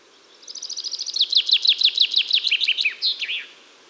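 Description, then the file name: Common chaffinch song: one rapid phrase of repeated chirps that drops in pitch, finishing with a short emphatic flourish. "Fringilla coelebs"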